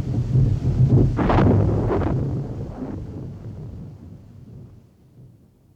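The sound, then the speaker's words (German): A deep, rumbling roll of thunder in a thunderstorm with flickering lightning over water swells and crackles for a few seconds, then slowly fades away into a low, fading rumble. No one speaks. “Während in den zuckenden Blitzen das Haus Arnmeyers jenseits des Wassers aufleuchtete.”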